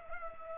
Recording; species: mosquito wingbeat signal from an infrared sensor; Culex pipiens